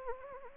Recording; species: mosquito wingbeat signal from an infrared sensor; Anopheles arabiensis